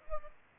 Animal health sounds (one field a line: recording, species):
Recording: mosquito wingbeat signal from an infrared sensor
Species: Aedes aegypti